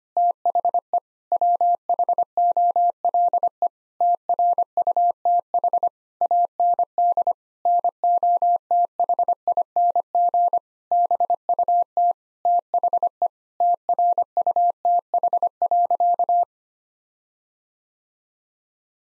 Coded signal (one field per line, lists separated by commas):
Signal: Morse code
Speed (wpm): 25 wpm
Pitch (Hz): 700 Hz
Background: none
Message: THE WHOLE TRUTH AND NOTHING BUT THE TRUTH.